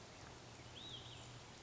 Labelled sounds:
Olive-sided Flycatcher (Contopus cooperi)
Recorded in Sonoma County, California

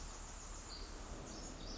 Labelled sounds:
Pacific Wren (Troglodytes pacificus)
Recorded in Sonoma County, California

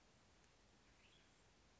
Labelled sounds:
Western Tanager (Piranga ludoviciana)
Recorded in Sonoma County, California

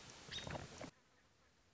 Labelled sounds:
American Robin (Turdus migratorius)
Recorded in Sonoma County, California

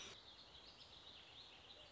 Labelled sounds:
Warbling Vireo (Vireo gilvus)
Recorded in Sonoma County, California

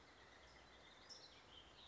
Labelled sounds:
California Towhee (Melozone crissalis)
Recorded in Sonoma County, California

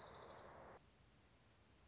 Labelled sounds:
Orange-crowned Warbler (Leiothlypis celata)
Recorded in Sonoma County, California

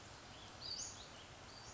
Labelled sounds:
Western Flycatcher (Empidonax difficilis)
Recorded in Sonoma County, California

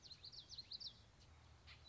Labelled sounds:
Common Yellowthroat (Geothlypis trichas)
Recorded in Sonoma County, California

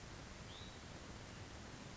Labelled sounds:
Hutton's Vireo (Vireo huttoni)
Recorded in Sonoma County, California

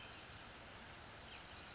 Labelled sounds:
California Towhee (Melozone crissalis)
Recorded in Sonoma County, California

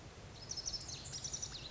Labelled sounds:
Lazuli Bunting (Passerina amoena)
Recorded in Sonoma County, California

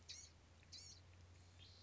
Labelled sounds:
Blue-gray Gnatcatcher (Polioptila caerulea)
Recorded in Sonoma County, California

